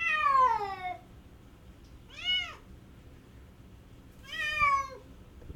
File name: Cat Crying